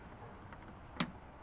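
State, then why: Seated. A J-hook windshield wiper blade adapter is pulled back onto the hook of the wiper arm on a Montero/Pajero (also for Mighty Max). Over a quiet background, a single sharp click sounds at 1.0 s as the adapter seats and locks in place on the arm.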